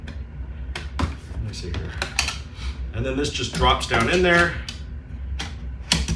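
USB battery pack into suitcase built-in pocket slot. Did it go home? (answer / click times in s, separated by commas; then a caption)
yes / 5.9 s. A small USB battery pack, thought to be a Mophie Powerstation XL, is dropped into a slot behind a flap in the built-in pocket of a MontBlanc Pirelli trolley suitcase and pressed home while someone talks. After a few light handling knocks near 0.8 and 1.0 seconds, a sharp snap at 5.9 seconds marks the pack seating in place.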